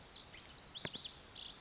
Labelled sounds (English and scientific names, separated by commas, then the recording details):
Lazuli Bunting (Passerina amoena)
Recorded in Sonoma County, California